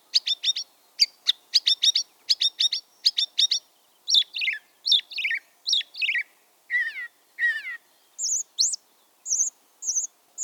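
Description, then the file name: Song thrush singing: a triple-note phrase repeated four times, then descending slurred notes repeated, followed by high whistled notes repeated. "bioakusztika enekesrigo"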